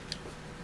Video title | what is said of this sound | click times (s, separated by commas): Fully Field Strip & Clean PPS to the Poly Fam | and pressed in and up and it clicked in | 0.1 s